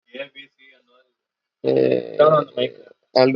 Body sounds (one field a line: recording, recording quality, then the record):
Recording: sustained vowel as in made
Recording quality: excellent, no background noise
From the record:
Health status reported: recovered from COVID-19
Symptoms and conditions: cold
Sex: female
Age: 25 years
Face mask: worn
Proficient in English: yes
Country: India